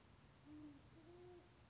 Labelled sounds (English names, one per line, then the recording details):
Band-tailed Pigeon
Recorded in Sonoma County, California